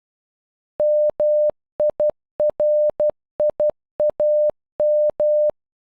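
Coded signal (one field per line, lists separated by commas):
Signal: Morse code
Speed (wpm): 12 wpm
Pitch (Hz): 600 Hz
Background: none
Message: MIRIAM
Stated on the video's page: Morse for a name, played at normal and half speed, generated with an online translator tool.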